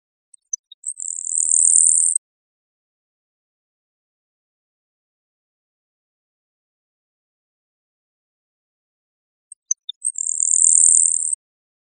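Grasshopper sparrow song: a few faint high ticks followed by a thin, very high insect-like buzz about a second long, repeated after roughly seven seconds of silence.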